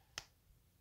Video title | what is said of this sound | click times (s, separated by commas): Action Force Pandora Action Figure Review | there we go I'm sure you can hear the clicking on camera of me pushing that in there | 0.2 s